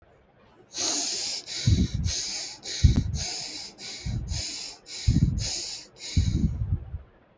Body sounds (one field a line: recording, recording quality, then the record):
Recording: deep breathing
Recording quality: excellent, no background noise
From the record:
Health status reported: healthy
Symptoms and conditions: none ticked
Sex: female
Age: 28 years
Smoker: yes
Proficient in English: yes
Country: India